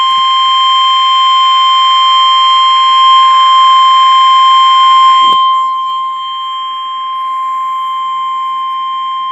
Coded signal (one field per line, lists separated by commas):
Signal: Emergency Alert System (SAME) tones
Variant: 1050 Hz attention tone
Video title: REAL EAS 666-Severe thunderstorm watch